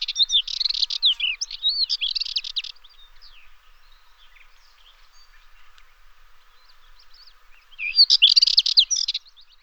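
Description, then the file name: Dartford warbler song: two short scratchy, chattering bursts of rapid notes, one at the start lasting about three seconds and another near the end, with quiet between. "Sylvia undata"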